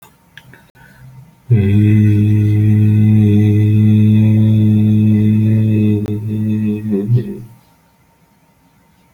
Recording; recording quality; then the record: sustained vowel as in made; moderate, slight background noise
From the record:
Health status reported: healthy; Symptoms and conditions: none ticked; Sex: male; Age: 32 years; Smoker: not ticked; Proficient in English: yes